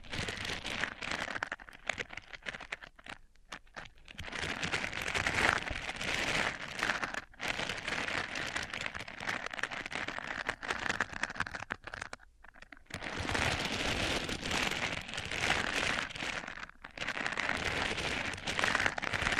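Microphones rubbed against different surfaces make a dense, gritty scraping that runs almost without a break, crackly and bright like rain on a surface. The texture shifts from stroke to stroke, with short pauses near 3, 7, 12 and 16 seconds.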